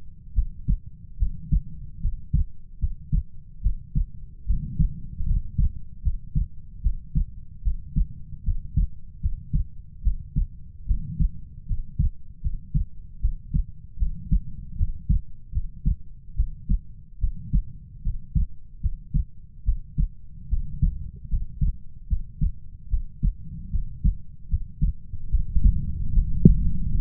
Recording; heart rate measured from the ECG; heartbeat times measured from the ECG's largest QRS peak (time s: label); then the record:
heart sounds by stethoscope; 75 bpm
0.33 s: heartbeat
1.17 s: heartbeat
2.00 s: heartbeat
2.79 s: heartbeat
3.61 s: heartbeat
4.45 s: heartbeat
5.25 s: heartbeat
6.02 s: heartbeat
6.81 s: heartbeat
7.62 s: heartbeat
8.43 s: heartbeat
9.20 s: heartbeat
10.02 s: heartbeat
10.86 s: heartbeat
11.66 s: heartbeat
12.41 s: heartbeat
13.20 s: heartbeat
13.97 s: heartbeat
14.76 s: heartbeat
15.51 s: heartbeat
16.35 s: heartbeat
17.19 s: heartbeat
18.02 s: heartbeat
18.80 s: heartbeat
19.64 s: heartbeat
20.48 s: heartbeat
21.28 s: heartbeat
22.07 s: heartbeat
22.88 s: heartbeat
23.70 s: heartbeat
24.48 s: heartbeat
25.29 s: heartbeat
26.12 s: heartbeat
26.90 s: heartbeat
From the record:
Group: healthy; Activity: rest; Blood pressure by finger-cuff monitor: 93/58 mmHg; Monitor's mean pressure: 71 mmHg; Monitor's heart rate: 74 bpm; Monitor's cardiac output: 6.8 L/min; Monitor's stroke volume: 91 mL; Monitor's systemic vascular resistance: 760 dyn s/cm5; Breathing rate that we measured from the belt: 19 breaths a minute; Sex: female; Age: 19 years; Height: 163 cm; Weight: 48.9 kg